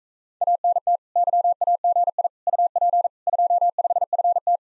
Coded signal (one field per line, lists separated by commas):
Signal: Morse code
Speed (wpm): 45 wpm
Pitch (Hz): 700 Hz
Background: none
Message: ANT YAGI UP 25FT